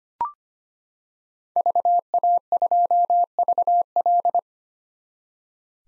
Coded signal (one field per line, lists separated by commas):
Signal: Morse code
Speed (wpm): 25 wpm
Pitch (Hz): 700 Hz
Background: none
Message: VA2VL